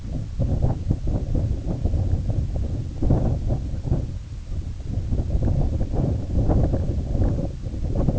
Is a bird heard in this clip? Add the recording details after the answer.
no. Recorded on Arctic tundra, site IGLO-A, on 17 June 2018. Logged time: 19:59